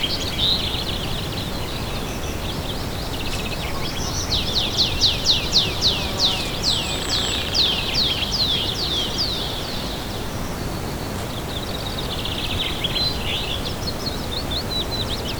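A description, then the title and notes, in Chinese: Outdoors in a heathland nature reserve, a bird gives a fast, bright series of high chirps from about four to ten seconds, with softer calls again near the end. Underneath, a steady low rumble of wind fills the whole clip. Kalmthoutse Heide自然保护区，Kalmthout，法兰德斯，比利时。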